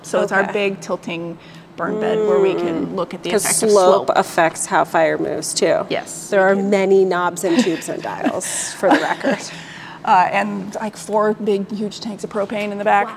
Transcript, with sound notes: —so it's our big tilting burn bed where we can look at these slope—
Slope affects how fire moves too.
Yes.
There are many knobs [laughs] and tubes and dials for the record [laughs]
And like four big huge tanks of propane in the back.